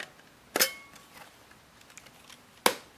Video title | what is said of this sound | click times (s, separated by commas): Kodak Jiffy 620 | just basically then match these two close it up until it clicks | 2.7 s